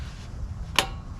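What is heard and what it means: Someone pushes the rubber spark plug boot back onto the newly installed spark plug terminal on a Kawasaki FX1000 engine of a Bad Boy Rebel mower during maintenance. A single sharp click at 0.8 s rises above a low background rumble. The boot is confirmed seated on the plug.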